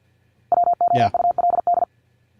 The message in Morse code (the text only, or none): WOULD